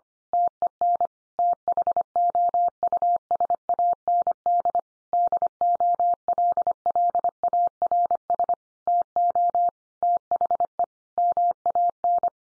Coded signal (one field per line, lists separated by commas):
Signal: Morse code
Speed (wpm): 25 wpm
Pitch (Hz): 700 Hz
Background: none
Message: TEN THOUSAND DOLLARS TO THE MAN